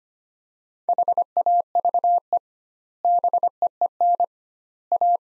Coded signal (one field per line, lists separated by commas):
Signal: Morse code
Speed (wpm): 25 wpm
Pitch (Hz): 700 Hz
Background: none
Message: HAVE BEEN A